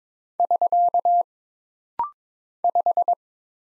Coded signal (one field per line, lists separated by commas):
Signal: Morse code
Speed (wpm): 22 wpm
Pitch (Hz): 700 Hz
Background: none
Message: <SK> 5